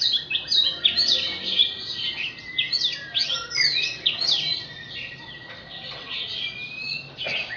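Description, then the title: Oriental magpie-robin song, a rapid run of varied chirps, slurred whistles and trills, with steady low background hiss. Kacer poci competition bird, national champion, singing in 'nembak' and 'ngerol' styles, seven types of song every three minutes. "Kacer Poci Gacor Nembak Dan Ngerol Juara Nasional. 7 macam suara kacer setiap 3 menit"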